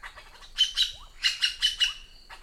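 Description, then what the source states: White-throated Magpie-Jay calls: a series of short, raspy chattering notes in quick bursts, with faint upslurred whistles between them. Central America; flocks are family groups led by a dominant female, with a mate and female offspring helping feed her young in cooperative breeding.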